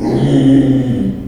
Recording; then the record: squeal of a Yucatan mini pig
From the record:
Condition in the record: after surgery on the right vocal fold (resection and tissue-engineered implant); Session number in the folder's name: 2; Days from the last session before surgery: 13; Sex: male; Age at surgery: 12 weeks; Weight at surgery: 13 kg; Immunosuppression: cyclosporine, prednisolone